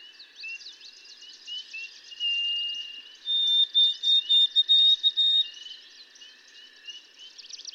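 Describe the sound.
White-throated sparrow: steady whistled notes, one held and then several short repeated ones, against a dense background of twittering songbirds; white-throated sparrow song.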